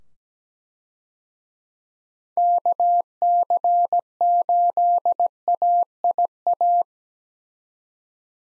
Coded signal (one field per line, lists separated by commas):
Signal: Morse code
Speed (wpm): 17 wpm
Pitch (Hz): 700 Hz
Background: none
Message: KC8AIA